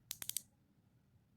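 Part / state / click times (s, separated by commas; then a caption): ratchet of a screw gauge spindle closing onto the anvil / torque reached / 0.1 s, 0.2 s, 0.3 s, 0.4 s. The ratchet knob of a screw gauge (micrometer) is turned until the metal spindle touches the anvil to check for zero error. The ratchet slips with four sharp, bright clicks at 0.1, 0.2, 0.3 and 0.4 seconds, then goes quiet. The screw has locked against the anvil.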